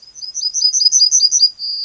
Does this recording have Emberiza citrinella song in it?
yes